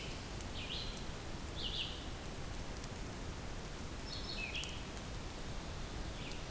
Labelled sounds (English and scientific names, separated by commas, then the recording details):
Red-eyed Vireo (Vireo olivaceus) song
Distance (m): 40 m
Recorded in boreal forest in Alberta, Canada, on 2 June 2016 at 07:38
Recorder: SongMeter 3, array SBT-3-7
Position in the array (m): 80 m, 144 m